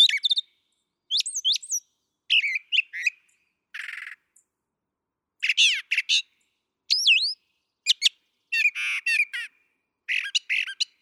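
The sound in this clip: Brown thrasher song: assorted whistled, buzzy and harsh phrases in rapid succession, some paired, with short breaks between them.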